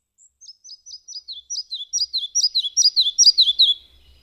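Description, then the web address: Red-breasted flycatcher singing a run of quick repeated notes that start soft, grow louder and step down in pitch through the phrase. "agykontroll Madardalok Cd 1. Kis légykapó"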